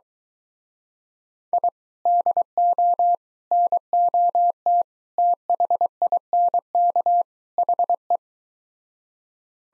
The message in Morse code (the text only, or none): I DO NOT THINK HE